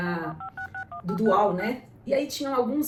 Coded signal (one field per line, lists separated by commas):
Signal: DTMF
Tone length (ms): 110 ms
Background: speech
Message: 56618